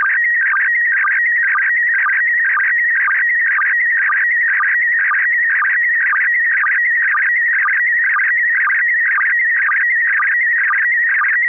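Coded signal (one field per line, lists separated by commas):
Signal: SSTV (slow-scan television)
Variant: PD120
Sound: warbling, chirping tone sweeping up and down, with a steady rhythmic low blip twice a second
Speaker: what we're generally doing is using pd12 20 which is the same mode that's used at the by the International Space Station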